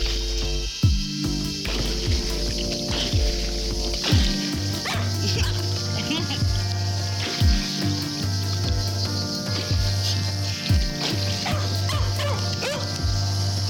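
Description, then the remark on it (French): A female dog barks excitedly in a steady run of sharp, repeated yaps and bow-wows, with a few whiny yips between them over a constant low hum. “Et la chienne s'énerve.”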